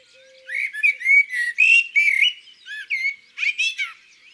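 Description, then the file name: Common blackbird song: a run of rich, fluted whistles around a mid pitch, broken by short scratchy twitters, phrases delivered quickly one after another. In the countryside. "Merle noir Chants doiseaux dans la campagne"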